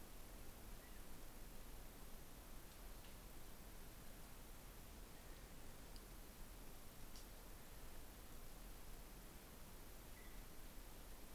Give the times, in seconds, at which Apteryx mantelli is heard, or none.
none